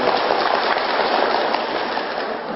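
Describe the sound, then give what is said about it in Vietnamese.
A crowd of visually impaired association members applauds steadily at a Tet gift-giving gathering, a dense continuous patter of many hands clapping at an even loudness with no voices over it, tapering only slightly toward the end. “Đề nghị bà con chúng ta cho tràng quá pháo tay qua tên.”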